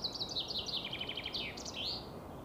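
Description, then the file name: Common chaffinch song: a rapid series of bright notes dropping in pitch into a rattling trill, closed by a quick flourish, with faint background hiss. "Fringilla coelebs"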